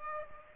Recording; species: mosquito wingbeat signal from an infrared sensor; Aedes aegypti